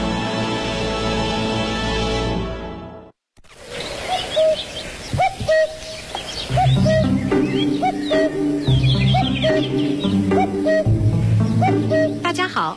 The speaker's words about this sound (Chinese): 听见我的叫声了吗？布谷布谷，所以呢，我的名字又叫布谷鸟。